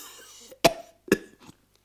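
man coughing

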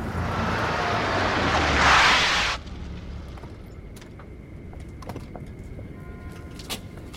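car driving

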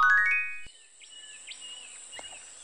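cockatoo calling

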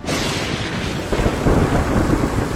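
thunderstorm with thunder

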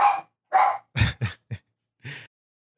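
dog barking

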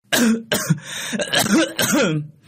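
person coughing

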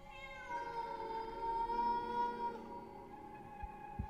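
cat meowing plaintively

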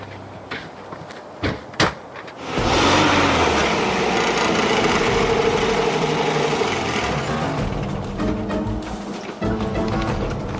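car engine running

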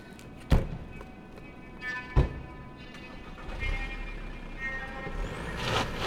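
car door slams

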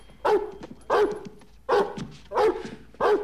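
dog barking

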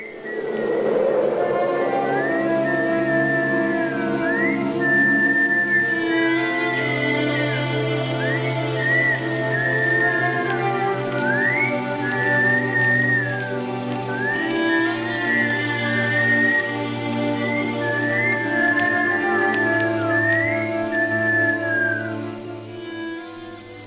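person whistling a tune

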